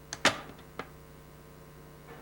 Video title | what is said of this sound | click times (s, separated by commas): Cuisinart: How to Use Your Food Processor (1995) | use both hands to turn the cover counterclockwise until it clicks | 0.2 s